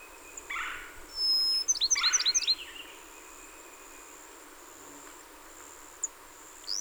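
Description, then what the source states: Bachman's sparrow song: a high whistle, then a quick series of high, down-slurred notes, with lower buzzy notes before and during it and a few faint chips later. Recorded 30 April 2019; the recording holds 27 songs.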